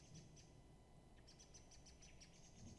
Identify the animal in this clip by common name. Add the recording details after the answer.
Common Blackbird. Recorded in Germany. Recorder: ecoPi